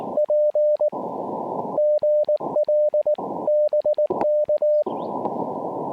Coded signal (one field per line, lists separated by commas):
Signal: Morse code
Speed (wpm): 19 wpm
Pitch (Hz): 600 Hz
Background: none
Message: P GL BK